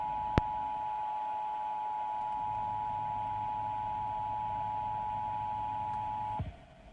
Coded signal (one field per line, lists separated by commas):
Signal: Emergency Alert System (SAME) tones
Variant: 853 and 960 Hz attention tone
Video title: EAS #293-294: Required Monthly Test